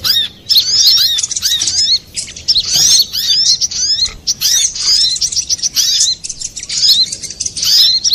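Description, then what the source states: Little spiderhunter song with very fast, thin, high chirping and bent squeaky notes, delivered in packed bursts with a few brief pauses. Master recording for training cage birds.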